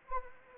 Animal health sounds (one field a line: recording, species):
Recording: mosquito wingbeat signal from an infrared sensor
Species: Anopheles arabiensis